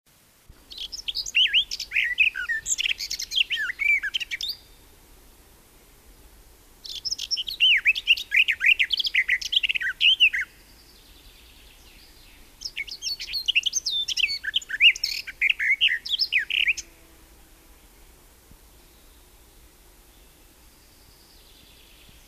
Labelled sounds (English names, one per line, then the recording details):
Garden Warbler song
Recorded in the wild
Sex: male
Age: adult
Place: Erlangen, Bayern, DE
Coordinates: 49.5644, 11.0131
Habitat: forest
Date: 1963-05-31
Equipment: Nagra, AKG D19/200, Parabol, Original, Vollspur
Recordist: Tretzel, Erwin